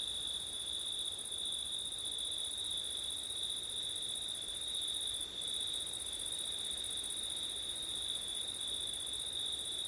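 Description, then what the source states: Crickets chirring steadily at a high pitch, several layered trills running without pause, with one brief gap in the highest band and gentle background noise. Crickets singing on a September night, with wind.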